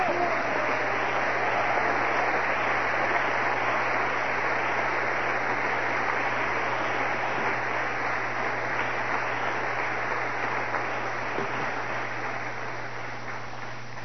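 An audience applauds steadily at the preacher's call during a Christian sermon, a dense wash of many hands clapping at once that holds for several seconds before thinning slightly toward the end.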